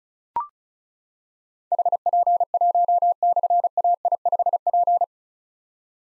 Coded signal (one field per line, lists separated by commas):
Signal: Morse code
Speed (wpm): 36 wpm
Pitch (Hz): 700 Hz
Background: none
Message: HP1/AI5P